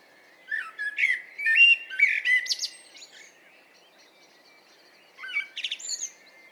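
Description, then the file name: Common blackbird giving a fluty whistled phrase with a scratchy high ending, then after a pause a shorter twittered phrase. "Turdus merula"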